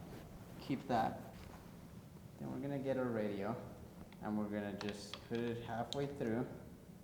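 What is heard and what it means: Someone talks while a wireless radio module is handled and put halfway into its slot on an Arri camera accessory, with soft handling sounds between the words. The module has not seated or clicked yet.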